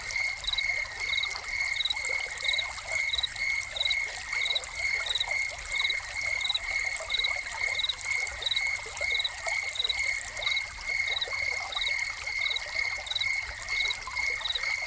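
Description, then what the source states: Cricket keeps up an unbroken high trill punctuated by evenly spaced chirps, while a fountain's running, pouring water fills the background for the whole stretch. Soundscape of crickets recorded together with a fountain.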